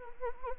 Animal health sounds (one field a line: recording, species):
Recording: mosquito wingbeat signal from an infrared sensor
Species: Anopheles arabiensis